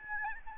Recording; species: mosquito wingbeat signal from an infrared sensor; Aedes albopictus